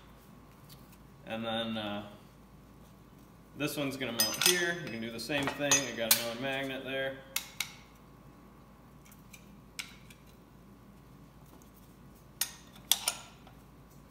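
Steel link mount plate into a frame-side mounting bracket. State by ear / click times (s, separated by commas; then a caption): not seated / none. A steel tab-and-slot link mount plate is handled against a frame-side mounting bracket and held with a magnet while someone talks. Sharp metallic clinks and taps ring out near 7.6, 9.8, 12.4, 12.9 and 13.1 seconds. Nothing has seated or clicked into place yet.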